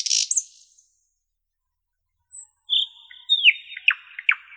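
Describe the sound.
Common nightingale song fragments: a loud burst of buzzy notes, a pause, then a sustained whistle breaking into sharp descending chips.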